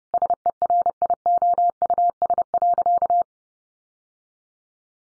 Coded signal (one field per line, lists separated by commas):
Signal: Morse code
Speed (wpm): 30 wpm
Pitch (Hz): 700 Hz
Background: none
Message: SERIOUS.